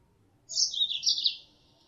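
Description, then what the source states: Mozambique canary call, a single bright chirping burst of about one second made of quick twittering notes, over a quiet background. Female; lure sound.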